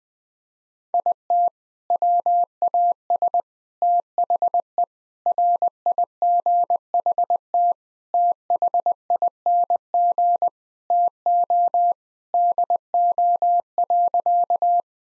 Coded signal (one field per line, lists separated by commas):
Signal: Morse code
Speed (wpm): 20 wpm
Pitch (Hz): 700 Hz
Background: none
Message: IT WAS THE RIGHT THING TO DO.